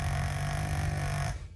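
A low, rattling, buzzing snore from a pug lasts just over a second, then fades into a quiet breath. It comes at 4 a.m. and sounds strikingly human, like a larger man slowed down.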